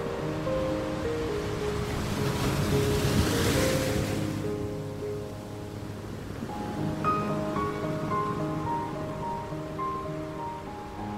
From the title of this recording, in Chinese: 海浪聲,流水聲,火柴聲